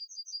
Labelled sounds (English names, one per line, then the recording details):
Yellowhammer song
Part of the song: start
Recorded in the Czech Republic on 27 June 2014
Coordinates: 49.860, 13.838
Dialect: XlB
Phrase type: E29
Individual h012